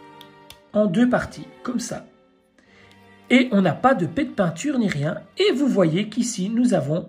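A green armor piece from a Saint Seiya Myth Cloth Thor de Phecda Gamma collectible figure is clipped onto a purple-mauve armor part, fastening in two places. Two short clicks sound at 0.2 and 0.5 seconds as it seats, then someone talks with music in the background.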